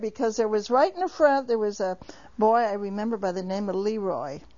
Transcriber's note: none